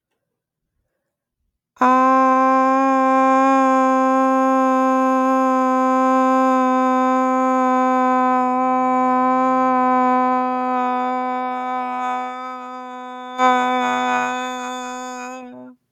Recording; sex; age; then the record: vowel held as long as possible; female; 30 to 39 years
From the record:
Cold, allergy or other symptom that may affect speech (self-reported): no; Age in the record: 36 years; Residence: California, United States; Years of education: 16